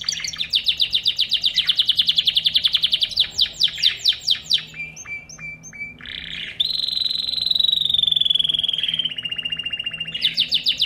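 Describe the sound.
Songbird delivering a long rapid trill, a stretch of separate clipped notes, then a sustained whistled note sliding slightly lower before trilling resumes.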